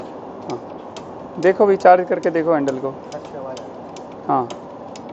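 Someone talks while the charging handle of an air circuit breaker's closing spring charging mechanism in an LT panel is being handled, with faint ticking sounds in the background. The spring is not yet fully charged, and nothing has latched or clicked yet.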